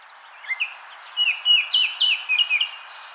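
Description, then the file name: Baltimore oriole singing a brief phrase of fluty whistled notes, two opening notes then a faster series of downslurred whistles, with steady background hiss. "Icterus galbula - Baltimore Oriole"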